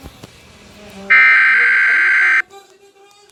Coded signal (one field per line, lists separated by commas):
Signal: Emergency Alert System (SAME) tones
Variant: header bursts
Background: speech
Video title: EAS Test